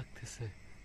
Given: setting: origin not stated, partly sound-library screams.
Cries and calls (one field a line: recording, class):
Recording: one-second piece from a danger detection set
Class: normal situation